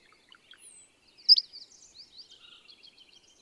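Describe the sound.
Bird song: one loud, piercing high chirp in the middle, surrounded by quiet scattered twitters.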